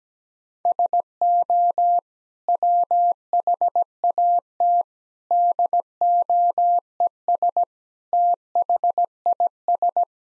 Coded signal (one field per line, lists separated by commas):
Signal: Morse code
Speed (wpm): 17 wpm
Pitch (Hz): 700 Hz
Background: none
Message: SO WHAT DOES THIS